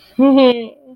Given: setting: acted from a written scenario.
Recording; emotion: vocal sound without words; embarrassment